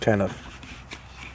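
Someone talks briefly while a Beretta pistol is pushed by hand into a stiff two-tone holster, followed by soft rubbing and handling sounds. Nothing has seated or clicked into place yet.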